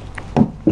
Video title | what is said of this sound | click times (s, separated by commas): [COMMENT FAIRE LA VIDANGE PLUS 4 FILTRES SUR SKODA FABIA 1.9 TDI] | on a bien entendu le petit clic il est rentré | 0.4 s